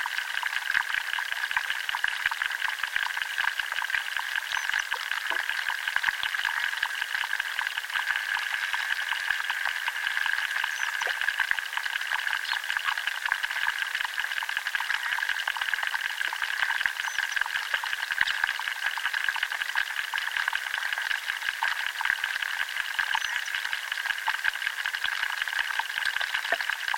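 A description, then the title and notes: Underwater life in a chalk river crackles and ticks in a dense, unbroken stream of tiny clicks. The texture stays steady for the whole stretch, bright and hissing, with a fizzing band near the middle and almost nothing low. Occasional sharper snaps stand out. The mysterious sounds of underwater life, here recorded in a chalk river in southern England.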